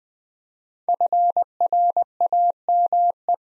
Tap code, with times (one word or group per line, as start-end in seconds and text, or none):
none